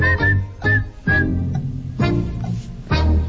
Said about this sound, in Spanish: Es toda silbadorcita, cantorcita, música.